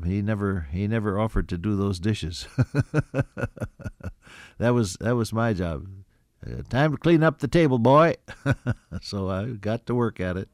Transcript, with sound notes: He never, he never offered to do those dishes. (Laughs) That was, that was my job. “Time to clean up the table boy!” So I got to work at it.